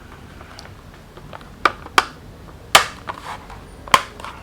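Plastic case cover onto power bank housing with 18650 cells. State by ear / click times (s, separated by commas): seated / 1.7 s, 2.0 s, 2.8 s, 3.9 s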